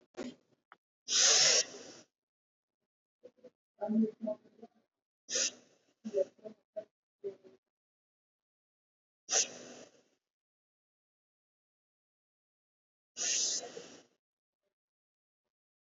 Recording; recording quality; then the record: shallow breathing; excellent, no background noise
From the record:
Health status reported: COVID-19 positive, mild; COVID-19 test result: positive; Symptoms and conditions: sore throat, diabetes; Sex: male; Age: 70 years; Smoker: not ticked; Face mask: not worn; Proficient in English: yes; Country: India